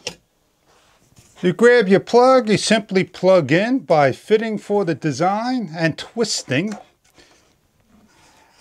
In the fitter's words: you simply slide on like like so and lock into place